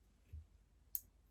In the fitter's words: You can hear the clicks are nice, they work nice.